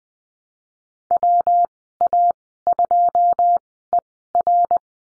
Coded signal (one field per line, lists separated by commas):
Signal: Morse code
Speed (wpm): 20 wpm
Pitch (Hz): 700 Hz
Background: none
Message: WA2ER